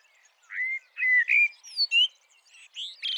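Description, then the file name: Eurasian blackbird song: a quick string of clear whistled notes, some level and some sliding, with higher squeaky notes toward the end. "Turdus merula"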